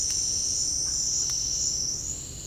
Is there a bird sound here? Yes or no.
no